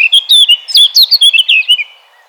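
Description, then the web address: Eurasian blackcap giving a short song phrase of clear, fluty whistled notes in quick succession, lasting about two seconds. "vogelstimmen moenchsgrasmuecke gesang nabu lars lachmann"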